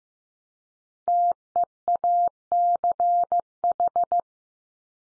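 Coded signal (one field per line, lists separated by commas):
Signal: Morse code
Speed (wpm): 15 wpm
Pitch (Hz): 700 Hz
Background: none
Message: TEACH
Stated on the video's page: Computer-generated Morse head-copy drill of the 500 most common English words at 15 wpm, each word sent three times, then spoken, then sent again.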